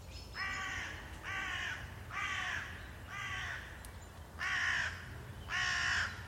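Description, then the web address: Bird giving harsh cawing calls, six hoarse caws spaced roughly one per second, over a low steady rumble. "cianscape. Deverinetal 2025. Bird Only"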